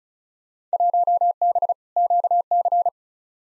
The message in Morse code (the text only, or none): 1B QC